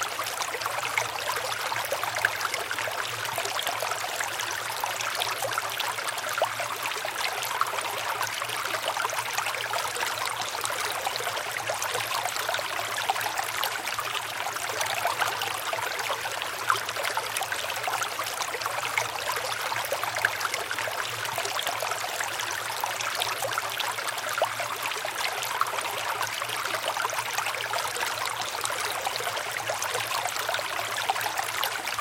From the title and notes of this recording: One Hour Of River Sounds.